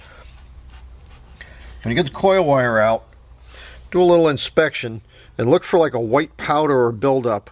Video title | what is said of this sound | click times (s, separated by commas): Spark Plug Changeover On A Land Rover Freelander | and you'll actually hear a pop That's how sealed they are. | 1.4 s